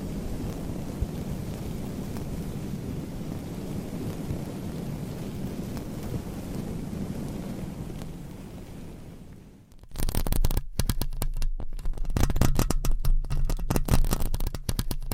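Long nails scratch microphones in a steady low rumbling rustle, then after a brief lull turn into louder, crackling bursts with short gaps.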